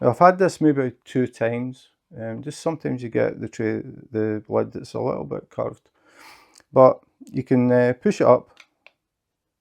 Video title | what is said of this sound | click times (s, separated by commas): Diamond Art Club First Look - Sun Face! | and it clicks in place so the lid doesn't fall off | 8.9 s